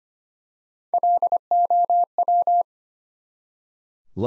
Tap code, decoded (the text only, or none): none